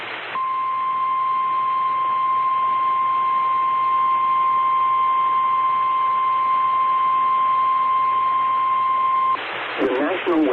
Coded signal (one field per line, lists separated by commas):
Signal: Emergency Alert System (SAME) tones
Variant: 1050 Hz attention tone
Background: speech